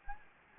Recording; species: mosquito wingbeat signal from an infrared sensor; Anopheles gambiae